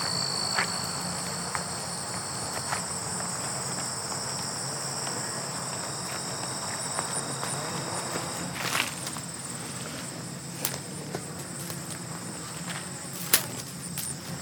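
Steady, bright insect chirring from grasshoppers fills the whole stretch, with a constant high-pitched buzz running throughout. Scattered sharp clicks and crunches of footsteps on gravel break through every second or two, strongest around eight to nine seconds and near thirteen seconds.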